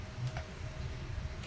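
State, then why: Not seated. A DDR4 memory module is handled at a Dell PowerEdge R350 server motherboard DIMM slot, where it will be pressed in until both plastic retention tabs snap up and lock it. Only faint, low handling noise is heard, with one brief soft tick around 0.4 s. Nothing has seated or clicked yet.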